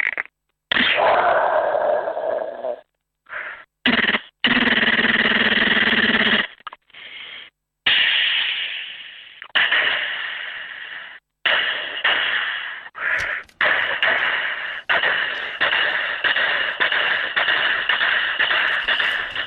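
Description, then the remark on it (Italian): A listener of the radio show Melog imitates a pistol, a machine gun and a train with mouth noises: a few sharp bursts, then long sputtering rattles, ending in steady rhythmic chugging pulses, muffled as if over a phone. “Per questo vorrei regalarti tre suoni: una pistola, una mitraglietta e il treno, che non ricordo mai, nessuno ti ha mai fatto.”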